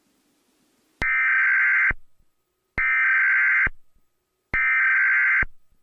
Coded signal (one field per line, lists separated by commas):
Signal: Emergency Alert System (SAME) tones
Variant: header bursts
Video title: EAS Scenario #4 - Ghost Bomb (Read description)